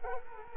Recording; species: mosquito wingbeat signal from an infrared sensor; Culex quinquefasciatus